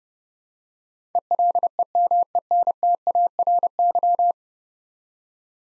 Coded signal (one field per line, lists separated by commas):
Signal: Morse code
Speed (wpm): 30 wpm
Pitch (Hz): 700 Hz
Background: none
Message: ELEMENTARY